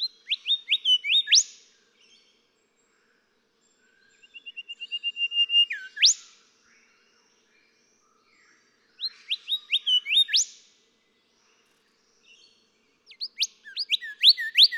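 Golden whistler song: four bursts of loud whistled phrases, several ending in a sharp upswept whipcrack, with pauses between.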